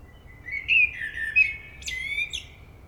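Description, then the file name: Common blackbird song: a low, mellow fluted warble that slides up and down, followed by thin, high squeaky twitters near the end. "Turdus merula"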